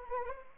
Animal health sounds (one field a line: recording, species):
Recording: mosquito wingbeat signal from an infrared sensor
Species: Anopheles arabiensis